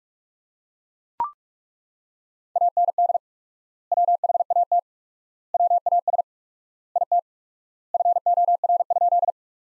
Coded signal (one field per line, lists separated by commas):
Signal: Morse code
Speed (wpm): 41 wpm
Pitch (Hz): 700 Hz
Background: none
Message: AND WHAT WAS IT FOR?